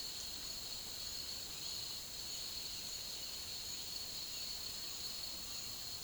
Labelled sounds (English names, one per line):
none